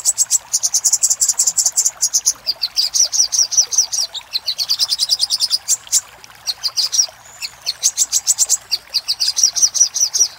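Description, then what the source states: Little spiderhunter giving rapid, high, ticking note trains almost without a break, the bursts shifting slightly in pitch, with a brief whistled slur around seven seconds. Master recording for training cage birds; labelled Labaik.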